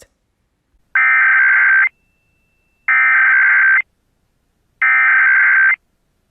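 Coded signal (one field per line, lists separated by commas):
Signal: Emergency Alert System (SAME) tones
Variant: header bursts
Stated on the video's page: A mock test alert using valid EAS tones.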